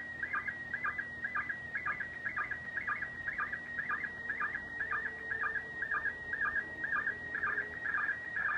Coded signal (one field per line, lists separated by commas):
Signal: SSTV (slow-scan television)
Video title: 12-27-2024 - SSTV - ISS - YAESU FT-991-A - MMSSTV - On the Air with #va3ewv